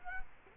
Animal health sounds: mosquito wingbeat signal from an infrared sensor; Culex quinquefasciatus

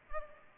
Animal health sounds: mosquito wingbeat signal from an infrared sensor; Culex pipiens

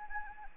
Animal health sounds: mosquito wingbeat signal from an infrared sensor; Anopheles arabiensis

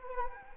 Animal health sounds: mosquito wingbeat signal from an infrared sensor; Anopheles arabiensis

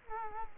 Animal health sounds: mosquito wingbeat signal from an infrared sensor; Culex quinquefasciatus

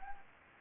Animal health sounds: mosquito wingbeat signal from an infrared sensor; Anopheles gambiae

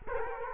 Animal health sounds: mosquito wingbeat signal from an infrared sensor; Culex quinquefasciatus

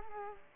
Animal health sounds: mosquito wingbeat signal from an infrared sensor; Culex quinquefasciatus

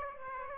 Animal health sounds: mosquito wingbeat signal from an infrared sensor; Aedes aegypti

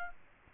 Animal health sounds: mosquito wingbeat signal from an infrared sensor; Culex quinquefasciatus

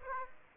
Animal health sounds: mosquito wingbeat signal from an infrared sensor; Aedes aegypti

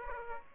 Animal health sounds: mosquito wingbeat signal from an infrared sensor; Aedes aegypti

